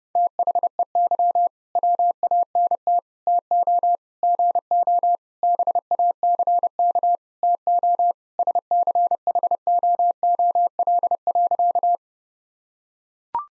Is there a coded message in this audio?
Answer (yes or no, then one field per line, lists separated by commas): yes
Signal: Morse code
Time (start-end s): 0.2-12.0 s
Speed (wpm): 30 wpm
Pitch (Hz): 700 Hz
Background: none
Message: THEY WANT TO GO BACK TO SCHOOL.